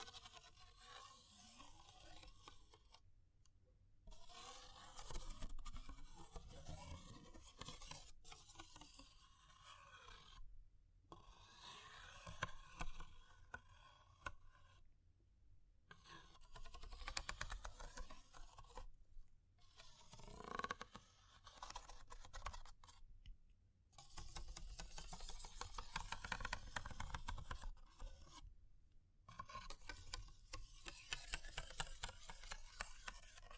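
Dense crackling with scratching and rapid tapping runs throughout, broken by brief silent gaps every few seconds, over a low steady rumble.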